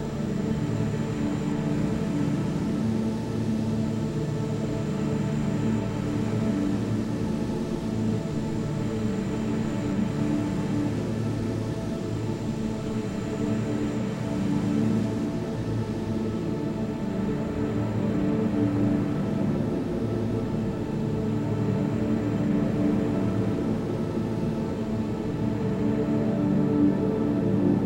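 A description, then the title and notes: Room tone blended from several spaces: a steady, dense low hum with layered droning tones, faint high hiss, and gentle swells every few seconds. The piece "Room" combines room tones sampled from several films, sfx libraries, with field recordings of other rooms and spaces.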